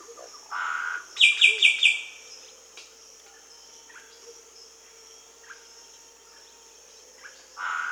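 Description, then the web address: Solitary Cacique giving a rapid burst of four bright notes among scattered softer calls, over a continuous high insect hum. South America. "S America Solitary Cacique (Cacicus solitarius"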